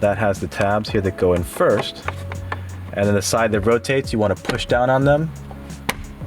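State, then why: Seated. Someone talks while the plastic lens cap of a 2013-present Mazda CX-5 vanity mirror light is refitted to its housing: the stationary switch side's tabs go in first, then the rotating side is pushed down on each side. A sharp click at 5.9 s shows the cap has seated into place.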